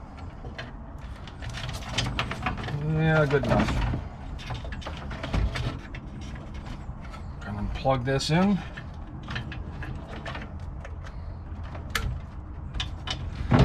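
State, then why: Seated. Someone talks while plugging the wiring harness connector into the back of an Atoto X10 aftermarket head unit during a VW stereo install, with handling rattles and scrapes throughout. The connector clicks in sharply at 12.0 s and is seated.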